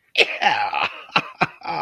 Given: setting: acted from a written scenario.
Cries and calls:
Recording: vocal sound without words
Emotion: elation

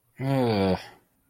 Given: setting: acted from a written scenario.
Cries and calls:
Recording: vocal sound without words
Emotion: embarrassment

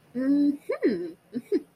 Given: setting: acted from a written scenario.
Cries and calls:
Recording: vocal sound without words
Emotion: interest

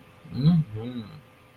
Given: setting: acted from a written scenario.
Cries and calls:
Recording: vocal sound without words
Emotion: desire

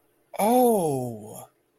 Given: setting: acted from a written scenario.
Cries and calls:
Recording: vocal sound without words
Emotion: realization

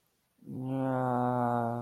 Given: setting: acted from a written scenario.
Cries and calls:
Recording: vocal sound without words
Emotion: shame

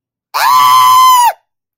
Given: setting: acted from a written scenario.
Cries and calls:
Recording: vocal sound without words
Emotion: fear

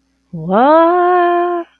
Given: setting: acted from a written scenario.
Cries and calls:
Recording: vocal sound without words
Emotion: confusion

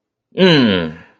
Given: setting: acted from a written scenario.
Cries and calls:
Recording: vocal sound without words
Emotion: disappointment

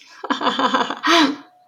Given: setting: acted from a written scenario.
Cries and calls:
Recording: vocal sound without words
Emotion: amusement

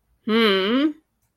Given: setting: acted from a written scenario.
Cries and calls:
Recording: vocal sound without words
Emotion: confusion

